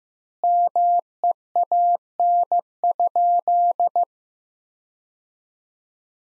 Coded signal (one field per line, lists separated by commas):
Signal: Morse code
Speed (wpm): 15 wpm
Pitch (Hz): 700 Hz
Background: none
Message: MEAN?